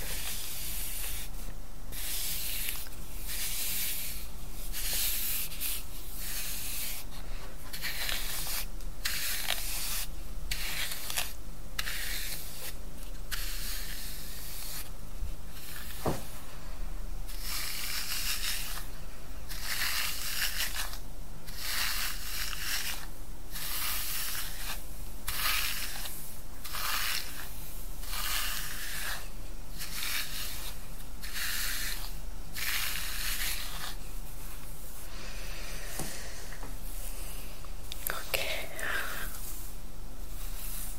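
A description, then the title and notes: Hair being brushed in steady, rhythmic bright scratchy strokes, about one per second, with a soft constant hiss beneath throughout. ASMR Relaxing Hair Play & Brushing.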